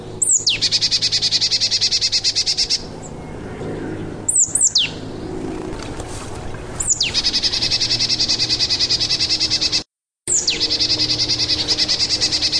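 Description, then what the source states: Marsh tit calls: sharp, high, downward-sweeping notes, then long fast buzzy chattering runs of rapidly repeated notes, with brief gaps between sections. Survey playback for the Hampshire Ornithological Society 2023 Marsh Tit Survey, Hampshire.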